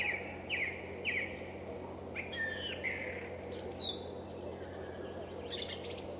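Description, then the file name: Song thrush singing, a sharp whistled phrase repeated three times, then varied scratchy and fluty phrases, with a constant low background hum. "Drozd pevchij - Drozd pevchij"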